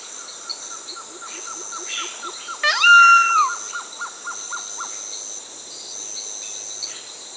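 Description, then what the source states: Solitary Cacique calls: a rapid series of short clipped notes, interrupted by one loud drawn-out note, over a steady high insect drone. South America.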